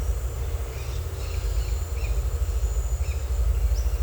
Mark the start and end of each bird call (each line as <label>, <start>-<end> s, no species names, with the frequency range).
bird call (1.5-7.1 kHz), 0.84-4.03 s